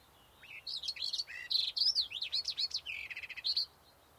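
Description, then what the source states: Barred Warbler song: a hurried, scratchy warble of chattering notes mixed with short whistles and a rapid rattling burst near the end, high-pitched throughout. Island in spring; the day's new species, the island's 190th bird species that spring; 3 June 2012.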